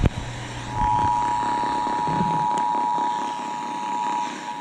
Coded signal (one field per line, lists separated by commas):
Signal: Emergency Alert System (SAME) tones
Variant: 853 and 960 Hz attention tone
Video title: February Sneaks in Some Last-Minute Severeness | EAS #366-376 (Severe Weather Alerts from 2/28/2024)